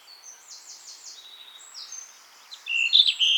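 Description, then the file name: European robin song: soft high thin notes drifting at first, then a louder burst of sharp whistled and trilled notes near the end. "Erithacus rubecula"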